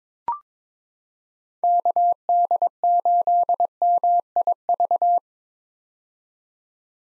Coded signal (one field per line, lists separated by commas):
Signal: Morse code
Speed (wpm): 22 wpm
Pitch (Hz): 700 Hz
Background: none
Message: KD8MIV